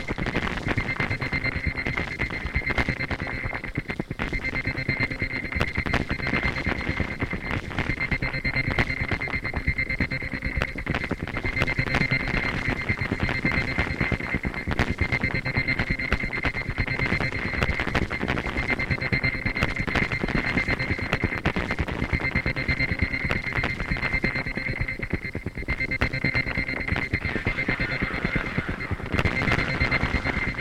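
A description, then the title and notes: A processed water fountain blends with electronic tones into a dense, unbroken wash of splashing texture. A steady bright ringing tone near the top sits over low rumbling. Rapid clicking pulses run throughout, and the whole mix stays level for the full half minute. Excerpt from improvised sound performance at Institute of Visual Art, Milwaukee, WI. Live processing of the sound of a water fountain located in a public plaza was mixed together with field recordings and synthesizer sequences to create an ambient soundscape that was performed and played back in the same public space.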